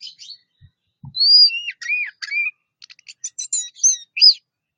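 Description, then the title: Orange-headed thrush delivering clear whistles and bending slurs, followed by a rapid series of high notes; faint low taps early. "Anis Merah"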